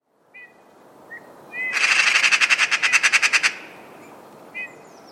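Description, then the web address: Bird calling with a rapid burst of many harsh, buzzy notes, preceded and followed by a few short, thin whistled chirps. "Deverinetal 2025 File origin Bird Only"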